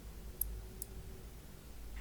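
A phone SIM chip, still held in its plastic carrier layer, is placed into the card slot of a SIM800L GSM module following the silhouette and pressed in. It clicks into the holder at 0.4 seconds, and a second, softer tick follows at about 0.8 seconds. The card is seated.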